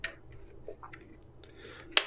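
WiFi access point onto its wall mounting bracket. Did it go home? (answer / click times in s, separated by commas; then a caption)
yes / 2.0 s. A NETGEAR WAX610 WiFi 6 AX1800 access point is slid from the back onto its plastic wall mounting bracket, with faint scraping and light ticks as it moves into place. A sharp snap at 2.0 s marks it clipping in, and the device is seated and held in place on the bracket.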